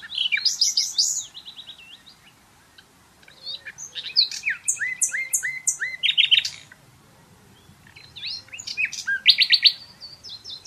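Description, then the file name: Common nightingale delivering three rich song phrases of varied whistles, chirps and rapid rattling trills, separated by brief silences. "Luscinia megarhynchos"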